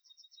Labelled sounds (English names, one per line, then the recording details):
Yellowhammer song
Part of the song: start
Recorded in the Czech Republic on 5 June 2013
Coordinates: 50.582, 16.410
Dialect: BE
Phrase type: E23
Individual 305967